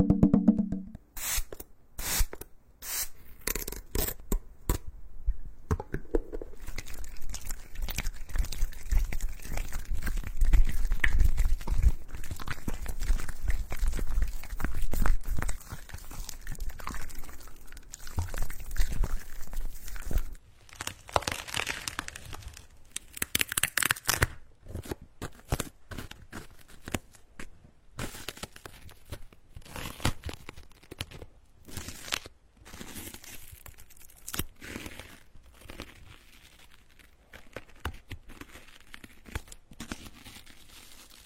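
Tapping and smearing sounds, with rapid crackly tearing textures throughout, like crinkling material handled in quick strokes. The first twenty seconds are busier and fuller with a low rumble underneath, then the sound thins into sparser bursts with brief gaps, louder again around 21 and 24 seconds.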